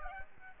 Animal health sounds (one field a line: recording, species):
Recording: mosquito wingbeat signal from an infrared sensor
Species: Aedes albopictus